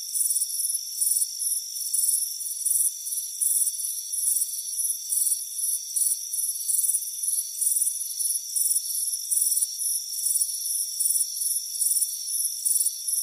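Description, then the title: Cricket chorus of rapid high-pitched chirps repeating roughly twice a second, with a constant shrill insect whine underneath. Crickets chirping on a warm afternoon on a front porch. "Soothing Crickets Chirping Sound"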